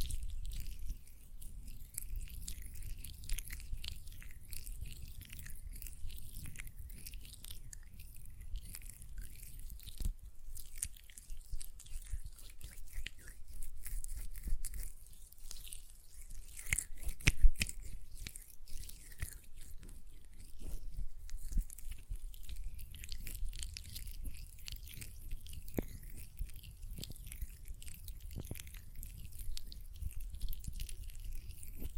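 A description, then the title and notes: Hands rubbing gel lotion make soft, sticky, squelching crackles that run continuously through the recording. The wet clicks and smacks come in dense, irregular bursts, with sharper pops near 10, 17, 26 and 28 seconds, over a low steady rumble. ASMR Gel Lotion Hand Sounds (No Talking).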